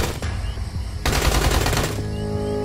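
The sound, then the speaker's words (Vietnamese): A roughly one-second burst of machine gun fire at a soldiers' outpost around 1 a.m., recalled by a Division 7 soldier, a dense, rapid rattle of sharp shots over a constant low rumble that continues afterward as a steady droning hum. “Tiếng súng nổ rang.”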